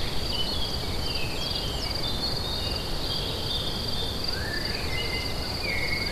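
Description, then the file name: A continuous high cricket trill runs the whole time, with birds singing scattered whistled and twittering notes and a low rumble underneath. Crickets recorded together with birds at Lacoux on 22 May 2016, recorded with an MZ-N710. "Grillons et oiseaux Lacoux 22 05 16"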